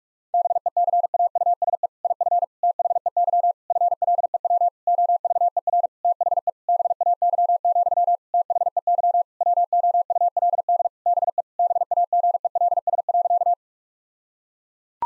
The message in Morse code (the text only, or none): BECAUSE IF THEY FLEW OVER THE BAY, THEY WOULD BE BAGELS.